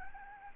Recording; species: mosquito wingbeat signal from an infrared sensor; Aedes albopictus